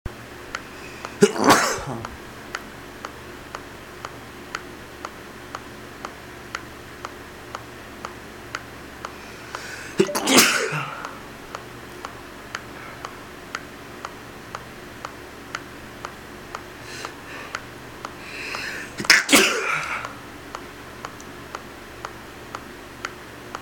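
Three separate sneezes from an adult male, about nine seconds apart, each a sharp noisy burst sometimes preceded by a brief indrawn breath. A faint, steady ticking runs underneath throughout.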